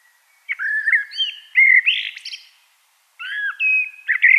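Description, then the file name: Common blackbird song: two mellow, fluting whistled phrases with slurred notes around the middle pitch range, separated by a short pause. "Turdus merula"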